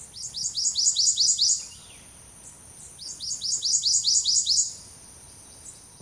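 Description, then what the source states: Prothonotary Warbler song: two bursts of loud, high, ringing notes, each burst a rapid run of about seven to eight repeated sweet-like notes, with quiet gaps between. Migrant back from its Colombian wintering grounds; at this time of year its loud 'sweet, sweet, sweet' song fills Louisiana bottomland hardwood forests, swamps and wet woods.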